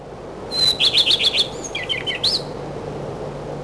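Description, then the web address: Common redstart song: a clear high whistled note, then a quick run of scratchy twittering notes, ending with short warbled flourishes. In spring. "vremena vesna gorihvostka lisushka"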